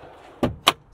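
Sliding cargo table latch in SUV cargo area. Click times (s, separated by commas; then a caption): 0.4 s, 0.7 s. In the cargo area of a 2022 Toyota 4Runner TRD Pro, the release on the rear sliding cargo table is worked. A clunk at 0.4 s is followed by a louder, sharper clunk at 0.7 s. The latch unlocks and the table starts to slide out.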